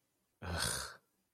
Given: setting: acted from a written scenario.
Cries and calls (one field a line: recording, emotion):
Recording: vocal sound without words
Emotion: contempt